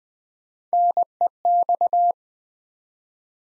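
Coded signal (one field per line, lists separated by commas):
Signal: Morse code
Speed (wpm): 20 wpm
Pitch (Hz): 700 Hz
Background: none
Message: NEX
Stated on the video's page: Morse practice at 20 wpm, building four-letter words one letter at a time for instant character recognition training.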